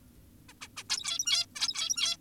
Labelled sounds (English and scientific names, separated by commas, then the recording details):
Zebra Finch (Taeniopygia guttata)
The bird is an adult
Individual g17y2U